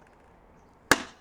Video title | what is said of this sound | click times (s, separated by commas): Porsche 996 to 991 GT3 RS Conversion: Headlight Install! | That is now latched in, and you see in there that bar | 0.9 s